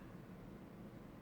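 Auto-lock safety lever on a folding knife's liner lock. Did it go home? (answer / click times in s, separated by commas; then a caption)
no / none. A CRKT M16 folding knife (M16-14T Big Dog Tanto or M16-10KS) has its blade handled as it is opened, just before the small spring-loaded metal auto-lock safety lever on its liner lock snaps into its locked position. Only a steady low hum and broadband noise are heard, with no sharp hits. Nothing has seated or clicked yet.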